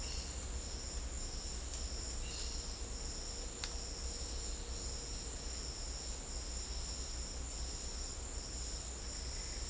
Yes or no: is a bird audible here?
no